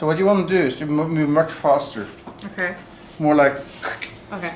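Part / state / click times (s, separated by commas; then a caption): attachment part into a cone-filling machine base / not seated / none. A part is being handled for fitting into the base of a cone-filling machine, to be pushed straight in without lifting until it clicks. Someone talks throughout, and no click is heard. Nothing has seated or clicked yet.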